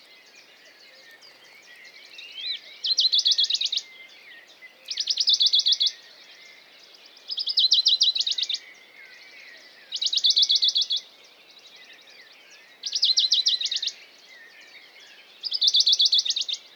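A Western Bonelli's warbler repeats its short, dry trill about every two and a half seconds, each a rapid burst of bright, evenly spaced notes lasting about a second. Between trills, a dawn chorus of thinner bird calls chatters continuously in the background.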